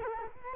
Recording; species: mosquito wingbeat signal from an infrared sensor; Culex quinquefasciatus